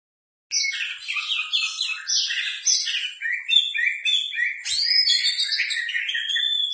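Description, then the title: Oriental magpie-robin song starting after a brief silence, a rapid run of chirps and trills followed by clear, sliding whistled notes. "Kacer"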